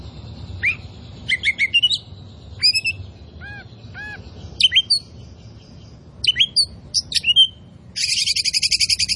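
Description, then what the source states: Oriental magpie-robin song: varied clear whistles and sharp chirps in short bursts, a few low rounded notes near the middle, ending in a fast buzzy rattling trill. Kacer poci type; gacor, meaning singing vigorously and constantly.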